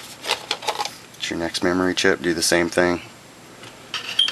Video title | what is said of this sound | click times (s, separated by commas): How to add, change or remove Ram from your PC plus other various aspects. | pressure on the other end lock it right in it's | 0.5 s